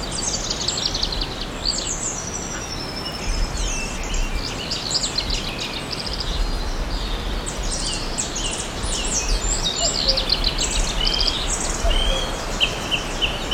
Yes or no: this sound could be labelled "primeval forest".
yes